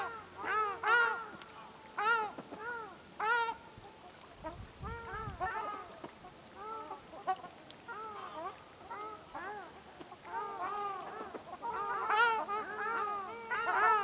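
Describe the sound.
Ruddy shelduck calls, a flock giving nasal, rising-then-falling honks in quick series, with a brief low thump midway.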